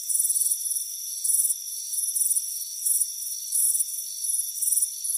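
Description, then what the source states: Cricket chirps in high pulsed bursts at irregular intervals, some drawn into longer trills, over a constant insect background. Crickets chirping on a warm afternoon by a front porch.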